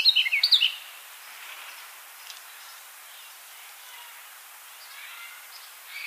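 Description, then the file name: Eurasian blackcap song: a brief burst of rapid, sharp warbled notes at the start, then faint background with scattered soft notes. "Sylvia atricapilla"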